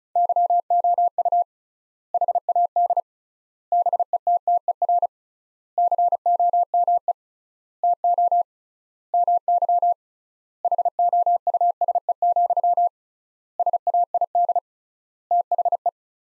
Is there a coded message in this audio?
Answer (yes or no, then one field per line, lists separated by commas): yes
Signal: Morse code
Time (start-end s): 0.2-15.9 s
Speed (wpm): 36 wpm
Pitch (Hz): 700 Hz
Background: none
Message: YOU HAD BETTER COME TO MY HOUSE, SAID THE